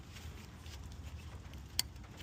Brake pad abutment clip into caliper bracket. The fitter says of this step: And just give it a squeeze until you hear it click.